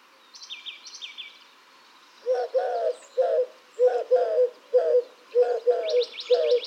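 Eurasian collared dove cooing, about nine low hollow coos over four seconds, with higher notes from another bird before and after.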